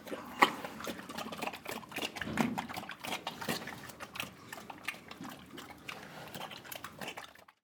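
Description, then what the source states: Pigs feeding, with irregular wet chomping, clicking and crunching noises throughout. Several pigs feeding.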